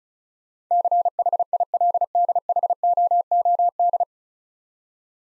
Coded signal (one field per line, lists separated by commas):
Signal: Morse code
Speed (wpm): 36 wpm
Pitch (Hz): 700 Hz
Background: none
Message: CHILDHOOD